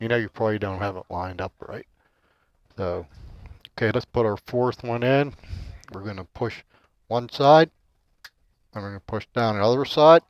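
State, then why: Seated. A fourth RAM stick is pressed into a motherboard DIMM slot, pushed down on one side and then the other while someone talks. A short, sharp click at 8.2 s in a pause in the talk is the latch snapping shut, and the stick is seated.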